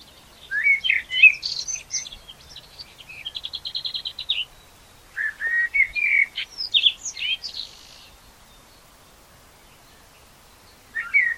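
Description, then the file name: Common blackbird song: fluty warbled whistles mixed with high squeaky twitters and a fast buzzy trill, in two bursts separated by a pause, then a brief phrase at the end. "Turdus merula"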